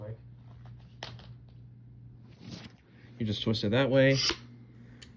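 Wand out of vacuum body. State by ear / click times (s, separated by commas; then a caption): released / 5.0 s. A plastic vacuum wand on a Riccar Vibrance is twisted one way to release it from the vacuum body, with faint handling ticks and a sharp tap near 1.0 s while someone talks. A short tick at 5.0 s marks the wand twisting free and coming out of the body.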